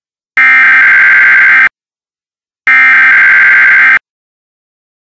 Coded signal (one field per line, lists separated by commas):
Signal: Emergency Alert System (SAME) tones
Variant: header bursts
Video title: EAS severe thunderstorm warning: indianapolis